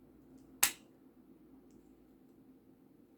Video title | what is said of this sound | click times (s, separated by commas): Beats Studio 2 Earpad replacement | Is that locked into place? Yes, it is. | 0.6 s